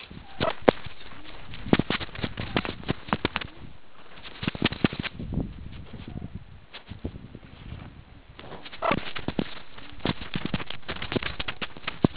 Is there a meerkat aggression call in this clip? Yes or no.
no